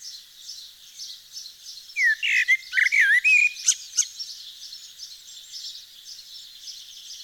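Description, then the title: Eurasian blackbird singing one fluted, warbling phrase that closes in a sharp high flourish, backed by continuous high chirps of other birds. Recorded in Nord, northern France. "Sylvain Jaskowiak - Mes piafs. Merle noir dans le Nord"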